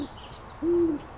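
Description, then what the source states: Great Horned Owl giving a low hoot lasting about a third of a second, steady in pitch, after the clipped end of an earlier hoot, over faint background hiss. Female calling, her small throat bib puffing out as she hoots; nesting site in a park in Louisville, Boulder County, in May.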